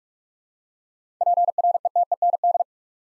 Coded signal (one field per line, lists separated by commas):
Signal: Morse code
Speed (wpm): 46 wpm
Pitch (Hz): 700 Hz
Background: none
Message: PRETEND